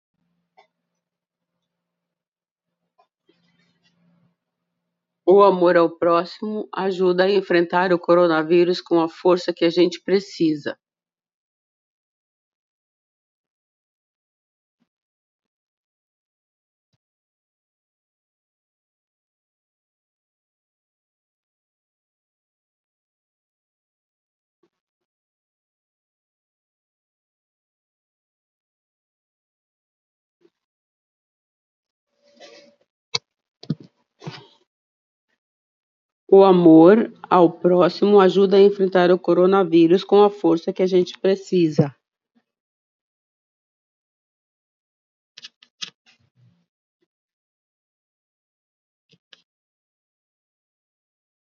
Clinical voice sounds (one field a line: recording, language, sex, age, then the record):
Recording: spoken sentence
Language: Brazilian Portuguese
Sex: female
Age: 60 to 69 years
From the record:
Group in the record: control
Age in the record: 61 years